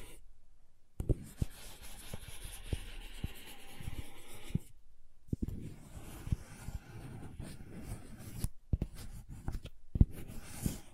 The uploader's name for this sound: Crayons Tapping, Carving, Cutting, Drawing Sounds